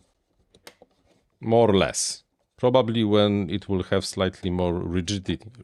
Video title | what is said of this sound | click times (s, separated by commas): Build this airplane - Craycle Discover 1200 3D printed airplane | and now it snaps in place | 0.7 s